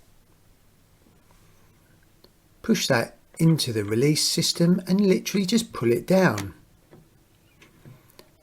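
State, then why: Released. A flat-blade screwdriver is pushed into the emergency door release above the filter of a Bosch washing machine and pulled down, because the door won't open after an F34 error. Someone talks, then faint handling sounds follow. A short, sharp click at 8.2 s is the door lock catch releasing open.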